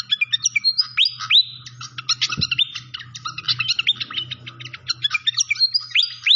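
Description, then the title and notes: Malaysian pied fantail song: a fast, continuous stream of high twittering notes and sweeping whistled slurs, with a faint low hum beneath and a brief thump midway. Training (masteran) recording of clear-voiced song mixed with the sound of trickling water. "Masteran Sikatan Kipas Suara Jernih Dan Suara Gemericik Air. Suara Burung Sikatan Londo"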